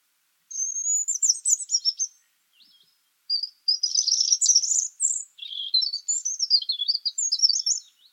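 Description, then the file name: European robin song: high, thin warbling phrases with sweet whistled notes and rapid trills, separated by short pauses. "Erithacus rubecula"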